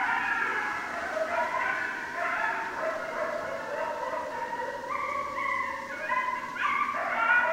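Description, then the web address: Group of coyotes yipping and howling together, many overlapping high, wavering notes rising and falling without pause. Recorded 6 January 2013; several coyotes. "Coyote 2013 01 06 Coyotes"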